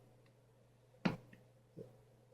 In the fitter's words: this will click into place once it's seated properly there that's